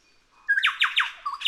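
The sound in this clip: Chowchilla singing a few loud, descending ringing notes in quick succession after a soft introductory note.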